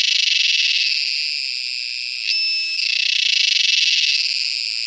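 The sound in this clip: Purana sagittata cicada with a continuous rapid buzzing song, broken midway by a brief smoother, steadier tone before the throbbing buzz resumes.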